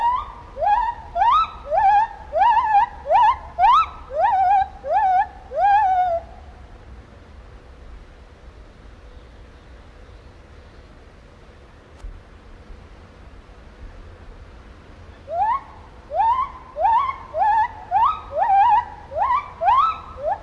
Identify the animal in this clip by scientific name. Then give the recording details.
Hylobates lar. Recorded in captivity. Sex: female. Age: adult. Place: Zoo Berlin, Berlin, DE. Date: 1994-08-27. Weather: heiter, 16-22°C. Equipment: Marantz CP 430, Sennheiser ME 80, Kopie Uher Variocord 263. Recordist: Tembrock, Günter